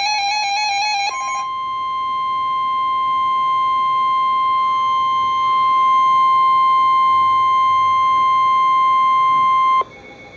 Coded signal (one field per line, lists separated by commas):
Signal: Emergency Alert System (SAME) tones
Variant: 1050 Hz attention tone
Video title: Svr T'storm Warning (EAS #441)